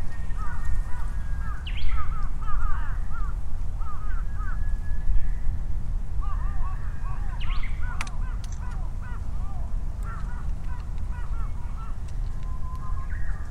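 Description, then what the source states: Crows cawing back and forth in quick series of short harsh notes, several birds answering each other, over a continuous low rumble of traffic. Crows calling and responding to each other at Sunday noon in Ichimiyake, Yasu City, Shiga Prefecture, Japan, over vehicle rumble; Sony PCM-M10, omnidirectional mics on bicycle handlebar bag.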